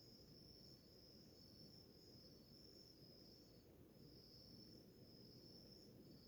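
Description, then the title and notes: Crickets calling in a shrill, high, continuous chorus with a brief break partway through, over constant low noise. Chorus of crickets in the early morning, in a village in the middle of the Mata Atlântica rainforest. "a symphony of crickets in a relaxing morning in a village in middle a Mata Atlântica rainforest"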